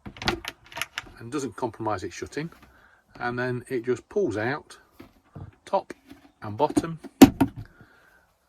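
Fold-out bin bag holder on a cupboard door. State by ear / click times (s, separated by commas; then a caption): seated / 7.4 s. A plastic fold-out bin holder, clipped over the back of a campervan cupboard door so the door still shuts, is pulled out at the top and bottom while someone talks. At 7.4 s its arms click and lock open, seated in place ready to hold a bin bag.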